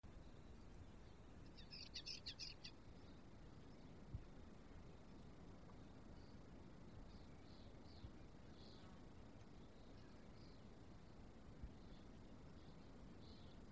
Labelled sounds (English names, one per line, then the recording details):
Sardinian Warbler
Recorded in the wild
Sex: male
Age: adult
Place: Tiuccia, Corsica, FR
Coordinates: 42.0714, 8.73222
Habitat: macchia
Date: 2011-07-14
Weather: sunny, 20°C, weak wind
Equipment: Zoom H2, rear micophones
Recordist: Frommolt, Karl-Heinz
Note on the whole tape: Oberhalb des Zeltplatzes U Sommalu: Gesang und Ruf einer Samtkopfgrasmücke. Tier gesehen. Entfernung 5 m